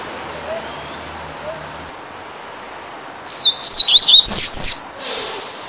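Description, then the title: Double-collared Seedeater song: after a faint low hum and then quiet, a sudden burst of rapid, high, falling whistled notes lasting about a second and a half. "Canto Coleiro"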